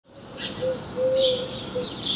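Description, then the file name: House sparrow chirps, a few bright high notes scattered over two seconds, with intermittent low hooting tones underneath. "Passer domesticus"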